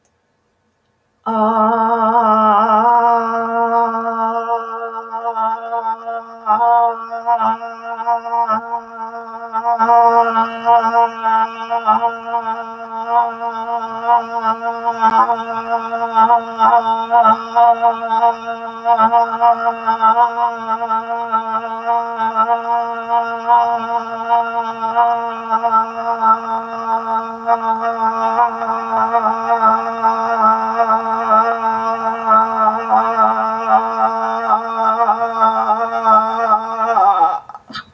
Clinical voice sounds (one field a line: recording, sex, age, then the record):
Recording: vowel held as long as possible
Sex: female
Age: 60 to 69 years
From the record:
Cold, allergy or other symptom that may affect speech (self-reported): no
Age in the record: 62 years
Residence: Kentucky, United States